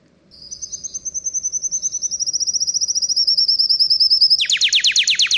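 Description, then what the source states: Atlantic Canary song: a long high trill of rapid repeated notes that slowly falls in pitch, then switches abruptly to a fast series of sweeping downward notes. Very characteristic song.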